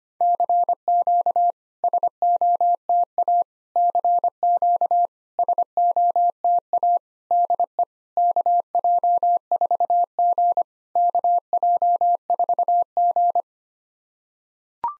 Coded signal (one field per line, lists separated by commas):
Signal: Morse code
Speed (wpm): 25 wpm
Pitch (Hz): 700 Hz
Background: none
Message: CQ SOTA CQ SOTA DE KJ4G KJ4G